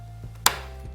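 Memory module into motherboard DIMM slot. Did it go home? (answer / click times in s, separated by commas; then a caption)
yes / 0.5 s. A memory module, turned the right way round to match the slot key, is slid into a DIMM slot on a motherboard and pushed in with light force. A single sharp click sounds at 0.5 s over a faint low background hum, and the module is seated in place.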